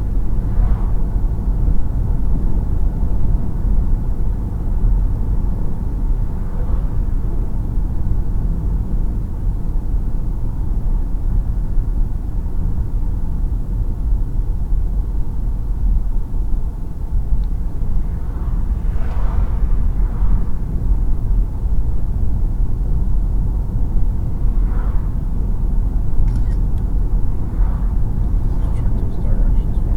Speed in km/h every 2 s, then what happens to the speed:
77, 77, 77, 76, 69, 66, 64, 61, 61, 61, 64, 66, 68, 71, 74.
0-6 steady at about 77. 6-13 slows to 61. 13-18 steady at about 61. 18-30 speeds up to 74.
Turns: none.